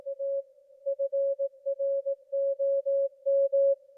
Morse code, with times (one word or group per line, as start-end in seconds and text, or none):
0.1-0.4 A
0.9-3.7 FROM